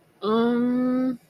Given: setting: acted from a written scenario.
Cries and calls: vocal sound without words; confusion

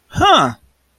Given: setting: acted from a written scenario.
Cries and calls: vocal sound without words; realization

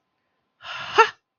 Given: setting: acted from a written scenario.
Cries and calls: vocal sound without words; realization

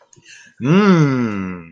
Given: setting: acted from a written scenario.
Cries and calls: vocal sound without words; elation

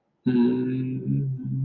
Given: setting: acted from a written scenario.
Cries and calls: vocal sound without words; guilt

